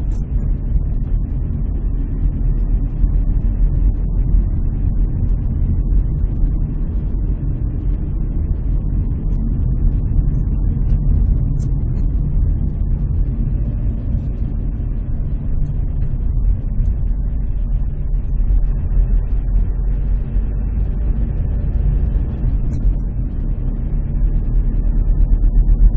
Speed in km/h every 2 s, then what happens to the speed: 29, 31, 32, 33, 33, 31, 26, 22, 18, 21, 28, 28, 30.
0-8 steady at about 32. 8-17 slows to 18. 17-26 speeds up to 30.